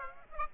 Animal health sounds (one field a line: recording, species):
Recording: mosquito wingbeat signal from an infrared sensor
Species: Aedes aegypti